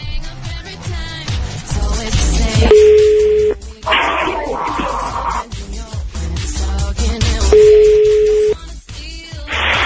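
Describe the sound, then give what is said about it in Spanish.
A phone line's call tone during a prank call on the Panda Show sounds in two steady, mid-pitched beeps about a second long, several seconds apart, over a busy layer of other sound while the call fails to connect. “No manches, no está entrando.”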